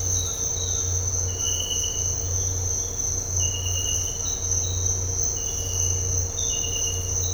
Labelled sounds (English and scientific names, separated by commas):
none